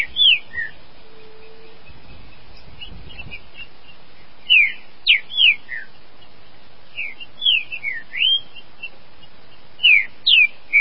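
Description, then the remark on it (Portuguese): A green-winged saltator sings in the bush, short, clear whistled phrases in quick bursts, repeating every second or two with brief pauses, loud over a quiet background with no talking. “passeio Trincaferro Paraguai, se divertindo no mato.”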